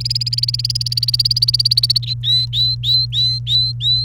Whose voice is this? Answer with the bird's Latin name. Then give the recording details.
Serinus canaria. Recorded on 29 April 2018 at 12:01. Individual llb3